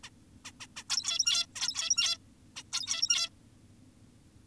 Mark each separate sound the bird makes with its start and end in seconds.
0.04-0.10, 0.45-0.52, 0.60-0.67, 0.76-0.84, 0.90-1.46, 1.56-2.18, 2.56-2.63, 2.73-3.30